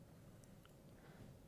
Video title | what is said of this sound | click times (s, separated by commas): JewelleryMaker LIVE 19/01/2016 4PM - 9PM | And then when you you'll get a little click. It clicks into place. | 0.4 s, 0.7 s